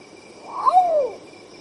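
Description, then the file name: Long-tailed potoo giving one plaintive song note, quick upward flick then a long descending whistle, with a thin continuous insect drone in the background. "canto do urutau pardo"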